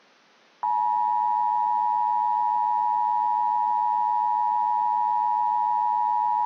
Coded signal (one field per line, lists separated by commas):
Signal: Emergency Alert System (SAME) tones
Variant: 853 and 960 Hz attention tone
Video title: [EAS RECREATION COMP] - 35 Minutes worth of Required Monthly Tests